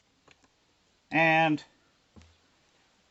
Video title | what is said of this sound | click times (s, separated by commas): Acerbis 3.6gal Tank Install on Honda CRF300L | attach the power supply until you hear it click | 0.3 s